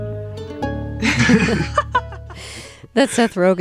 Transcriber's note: soundbite of laughter